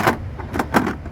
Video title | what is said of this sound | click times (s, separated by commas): Retrieving and Cleaning the #Wybot Pool Vacuum | Close this lid. You got to make sure that this basket nestled, if it's not in there all the way, this won't latch. | 0.6 s, 0.8 s